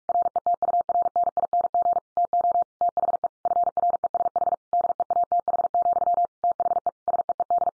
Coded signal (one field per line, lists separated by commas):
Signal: Morse code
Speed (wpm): 46 wpm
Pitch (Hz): 700 Hz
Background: none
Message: RETURNING TO THE FRESH DEATH, THE SEED